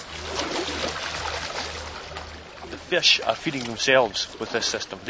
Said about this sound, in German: Computergesteuert spuckt das Fütterungsrohr die Fischpellets ins Wasser. Die kleinen Lachse springen umher.